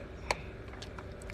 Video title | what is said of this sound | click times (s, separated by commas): QandA PLUS LIVE STREAMED SCUBA DIVE AT MALA PIER ROUND TWO ON 3:25:2023 | oh yeah it clicked I heard it yeah I heard the click Jake | 0.3 s